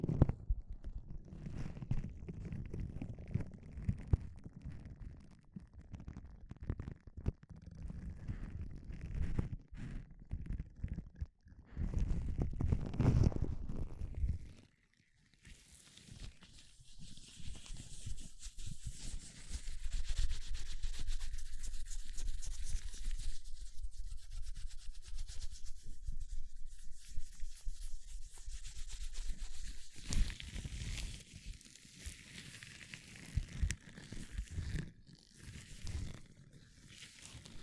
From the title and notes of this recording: ASMR 1 HOUR of Gloves Sounds for People who want tingles (No Talking).